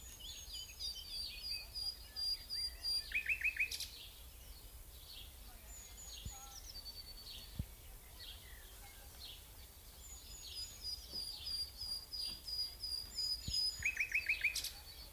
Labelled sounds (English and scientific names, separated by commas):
Common Nightingale (Luscinia megarhynchos) song